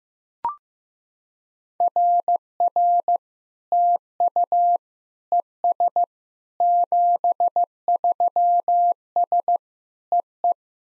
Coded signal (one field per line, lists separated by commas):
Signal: Morse code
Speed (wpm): 15 wpm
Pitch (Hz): 700 Hz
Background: none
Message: RR TU ES 73S EE